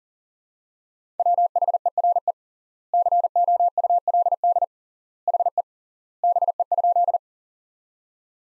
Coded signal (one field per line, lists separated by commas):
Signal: Morse code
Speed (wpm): 40 wpm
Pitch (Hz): 700 Hz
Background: none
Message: WHERE COULD HE BE?